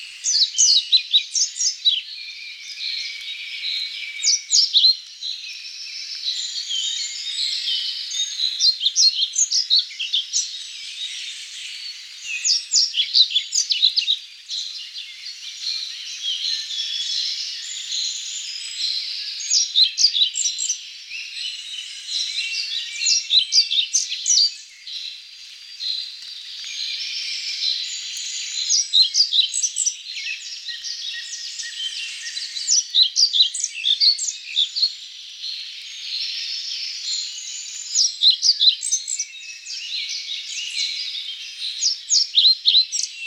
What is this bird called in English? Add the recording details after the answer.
European Pied Flycatcher. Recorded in the wild. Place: Waltershofen / Freiburg im Breisgau, Baden-Württemberg, DE. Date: 1996-05-16. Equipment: Dat-Recorder Casio DA 7, Telinga DAT, Telinga-Parabolspiegel. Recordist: Schwarz, Dieter